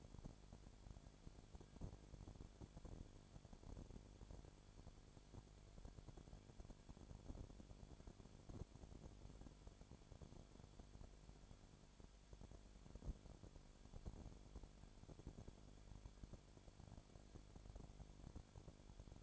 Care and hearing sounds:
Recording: daily activity, microphone in the room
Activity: no activity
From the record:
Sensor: 5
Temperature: 20.2 degrees Celsius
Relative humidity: 36.5%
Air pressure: 1001.2 hPa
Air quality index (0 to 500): 177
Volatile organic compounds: 4 ppm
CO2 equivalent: 1614 ppm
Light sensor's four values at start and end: 2/3/1/1 and 2/3/1/1

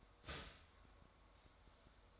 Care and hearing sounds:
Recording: daily activity, microphone in the room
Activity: start toaster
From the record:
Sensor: 3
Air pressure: 1014.7 hPa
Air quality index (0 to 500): 200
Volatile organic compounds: 26 ppm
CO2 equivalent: 2865 ppm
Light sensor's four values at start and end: 4/10/4/4 and 4/10/4/4

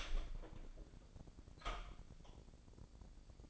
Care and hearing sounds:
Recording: daily activity, microphone in the room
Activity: open door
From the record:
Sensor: 5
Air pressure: 1009.1 hPa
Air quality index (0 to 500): 165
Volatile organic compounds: 2 ppm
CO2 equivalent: 1263 ppm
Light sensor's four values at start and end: 142/337/143/155 and 142/336/143/155

